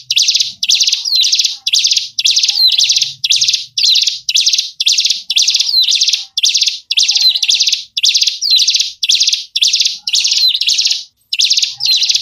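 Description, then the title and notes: Bird giving raspy chatter in many short bursts, repeated steadily throughout without other clear sounds. Lure sounds to attract wary birds that are hard to bring close. "Suara Burung Bandel Yang Susah Mendekati. Suara Pikat Burung"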